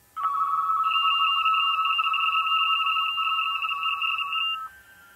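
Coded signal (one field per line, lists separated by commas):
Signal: RTTY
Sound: about 4.5 seconds of fast warbling two-tone teletype chatter with a higher companion tone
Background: radio static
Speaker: okay I got thank you that's that means it's okay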